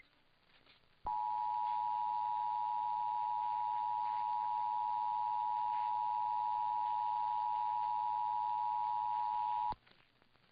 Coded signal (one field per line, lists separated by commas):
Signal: Emergency Alert System (SAME) tones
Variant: 853 and 960 Hz attention tone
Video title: VISUAL FRUSTRATION ENSUES... EAS Tests from August 2025 (EAS #6,206 - 6,251)